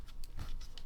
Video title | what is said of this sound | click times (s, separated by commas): Brand New Maratac SAR-16 Just Arrived! | Yeah. It locks into place. | 0.8 s